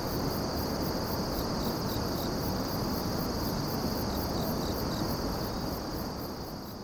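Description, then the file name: Insect song: faint, rapid pulsed chirping high in pitch with a steady high whine, heavily masked by loud continuous low rumbling noise. "singing of insect"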